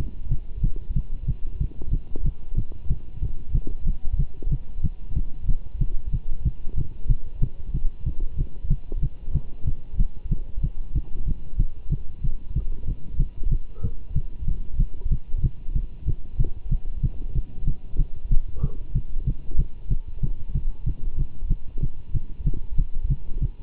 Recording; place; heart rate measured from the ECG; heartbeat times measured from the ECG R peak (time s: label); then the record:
heart sounds by stethoscope; between the tricuspid and mitral areas; 187 bpm
0.30 s: heartbeat
0.62 s: heartbeat
0.95 s: heartbeat
1.27 s: heartbeat
1.59 s: heartbeat
1.91 s: heartbeat
2.24 s: heartbeat
2.56 s: heartbeat
2.89 s: heartbeat
3.21 s: heartbeat
3.53 s: heartbeat
3.86 s: heartbeat
4.18 s: heartbeat
4.50 s: heartbeat
4.83 s: heartbeat
5.15 s: heartbeat
5.47 s: heartbeat
5.80 s: heartbeat
6.12 s: heartbeat
6.44 s: heartbeat
6.76 s: heartbeat
7.08 s: heartbeat
7.41 s: heartbeat
7.73 s: heartbeat
8.05 s: heartbeat
8.37 s: heartbeat
8.69 s: heartbeat
9.01 s: heartbeat
9.33 s: heartbeat
9.66 s: heartbeat
9.98 s: heartbeat
10.30 s: heartbeat
10.62 s: heartbeat
10.94 s: heartbeat
11.26 s: heartbeat
11.58 s: heartbeat
11.90 s: heartbeat
12.23 s: heartbeat
12.55 s: heartbeat
12.86 s: heartbeat
13.18 s: heartbeat
13.50 s: heartbeat
13.82 s: heartbeat
14.14 s: heartbeat
14.46 s: heartbeat
14.78 s: heartbeat
15.10 s: heartbeat
15.42 s: heartbeat
15.74 s: heartbeat
16.06 s: heartbeat
16.38 s: heartbeat
16.70 s: heartbeat
17.02 s: heartbeat
17.34 s: heartbeat
17.66 s: heartbeat
17.98 s: heartbeat
18.30 s: heartbeat
18.62 s: heartbeat
18.94 s: heartbeat
19.26 s: heartbeat
19.57 s: heartbeat
19.89 s: heartbeat
20.22 s: heartbeat
20.53 s: heartbeat
20.86 s: heartbeat
21.17 s: heartbeat
21.49 s: heartbeat
21.81 s: heartbeat
22.13 s: heartbeat
22.45 s: heartbeat
22.77 s: heartbeat
23.09 s: heartbeat
23.41 s: heartbeat
From the record:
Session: Bruce protocol treadmill stress test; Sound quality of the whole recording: good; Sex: male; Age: 24 years